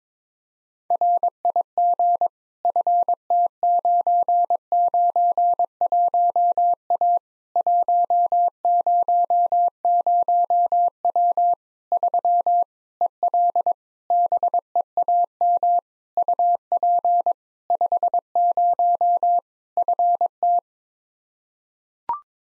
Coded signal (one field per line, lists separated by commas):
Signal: Morse code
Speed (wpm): 22 wpm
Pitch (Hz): 700 Hz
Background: none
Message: RIG FT991A 100W 3 EL BEAM UP 50 FT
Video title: Practice QSO - Complete One-Sided - 22wpm